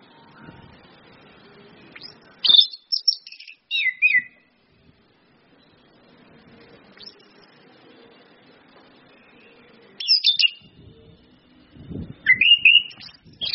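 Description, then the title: Orange-headed thrush song: three bursts of sweet, fast whistled phrases swooping between high and mid pitch, the first two separated by a long quiet gap, with low rumbling thumps near the end. Indonesian bird-training lure of ngeplong-style song with female whistles, meant to make birds sing actively. "PANCINGAN anis kembang ngeplong dan SUITAN BETINA"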